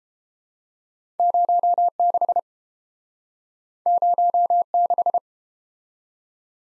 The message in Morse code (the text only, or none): 06 06